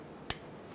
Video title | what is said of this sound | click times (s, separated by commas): How to Replace Oil Pressure Switch 2003-2007 Honda Accord (V6 3.0L) | install the connector push until you hear a click | 0.3 s